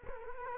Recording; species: mosquito wingbeat signal from an infrared sensor; Culex quinquefasciatus